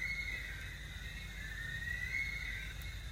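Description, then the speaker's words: Bush stone-curlew wailing, a long thin sustained wail holding steady and sliding slightly, over steady low background rumble. Several family groups calling to each other at night, an eerie wailing call; they rely on camouflage by day. Recorded on Lamb Island, Moreton Bay, Queensland, Australia. "at night they're active and have this eerie wailing call, very characteristic of the Bushstone Curlew."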